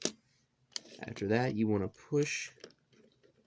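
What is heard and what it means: Overlapping plastic panels on a transforming plastic action figure are pressed together, with the right piece laid over the left, and they click into place at 0.1 s and 0.8 s with two sharp snaps. Someone then talks.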